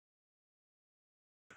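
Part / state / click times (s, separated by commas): under-bonnet safety release lever on a car bonnet latch / released / 1.5 s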